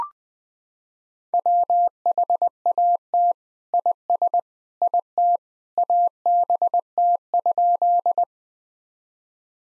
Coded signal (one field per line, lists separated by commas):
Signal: Morse code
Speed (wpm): 21 wpm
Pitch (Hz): 700 Hz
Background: none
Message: WHAT IS IT ABT?